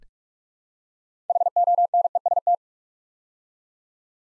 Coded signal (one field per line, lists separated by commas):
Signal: Morse code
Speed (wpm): 44 wpm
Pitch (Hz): 700 Hz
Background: none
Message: HONEST